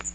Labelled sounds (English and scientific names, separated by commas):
Magnolia Warbler (Setophaga magnolia) flight call